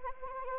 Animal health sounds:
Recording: mosquito wingbeat signal from an infrared sensor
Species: Anopheles arabiensis

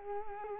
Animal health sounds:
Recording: mosquito wingbeat signal from an infrared sensor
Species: Culex quinquefasciatus

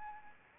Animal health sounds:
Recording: mosquito wingbeat signal from an infrared sensor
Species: Anopheles arabiensis

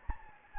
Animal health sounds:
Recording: mosquito wingbeat signal from an infrared sensor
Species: Anopheles gambiae

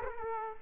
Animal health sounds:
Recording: mosquito wingbeat signal from an infrared sensor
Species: Culex quinquefasciatus

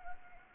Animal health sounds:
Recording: mosquito wingbeat signal from an infrared sensor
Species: Anopheles arabiensis

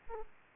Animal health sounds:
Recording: mosquito wingbeat signal from an infrared sensor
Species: Aedes aegypti

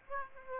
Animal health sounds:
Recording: mosquito wingbeat signal from an infrared sensor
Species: Aedes aegypti

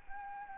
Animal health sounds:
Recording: mosquito wingbeat signal from an infrared sensor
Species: Anopheles arabiensis

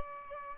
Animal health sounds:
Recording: mosquito wingbeat signal from an infrared sensor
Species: Aedes aegypti

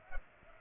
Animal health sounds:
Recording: mosquito wingbeat signal from an infrared sensor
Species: Culex pipiens

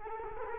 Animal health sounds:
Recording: mosquito wingbeat signal from an infrared sensor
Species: Culex quinquefasciatus

